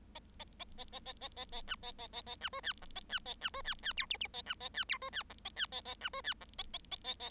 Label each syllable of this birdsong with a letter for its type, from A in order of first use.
A A A A A A A A A B A A A A B C D E A D A B C D D F G G A B A D F C D E A D A A B C D E A A A A A